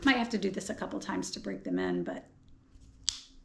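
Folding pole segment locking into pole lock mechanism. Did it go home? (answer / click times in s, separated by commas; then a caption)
yes / 3.1 s. Someone talks while working the stiff lock of a new folding Leki trail running pole, which may need a couple of tries to break in. A sharp, loud snap at 3.1 s marks the folding pole segment seating home in the pole lock mechanism.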